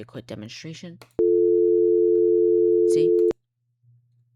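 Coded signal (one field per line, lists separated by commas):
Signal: telephone call progress tone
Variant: North America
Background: speech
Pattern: dial tone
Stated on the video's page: Call progress tone heard in a demo of the XLite softphone.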